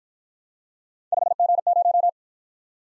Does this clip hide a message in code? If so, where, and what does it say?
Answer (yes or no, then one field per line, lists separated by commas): yes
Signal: Morse code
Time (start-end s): 1.1-2.1 s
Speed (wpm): 51 wpm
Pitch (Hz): 700 Hz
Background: none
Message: 5G0